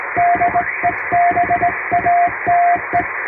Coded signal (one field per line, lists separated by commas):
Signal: Morse code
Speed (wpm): 20 wpm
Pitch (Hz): 700 Hz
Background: radio noise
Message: DEBATE